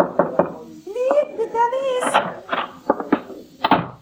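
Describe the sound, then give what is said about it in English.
Knocking on a backstage dressing room door marked with a six-pointed star: two quick raps, a brief stretch of a voice speaking, then several more firm, uneven knocks. “Then I pushed my way through the crowd, bribed my way backstage, and found the dressing room door with a 6-pointed star on it.”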